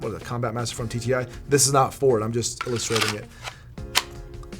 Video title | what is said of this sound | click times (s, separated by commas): 5 Mistakes We Made With Our EDC Pistols | You see that little click? | 4.0 s